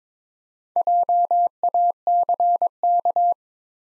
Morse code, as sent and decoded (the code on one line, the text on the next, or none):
.--- .- -.-. -.-
JACK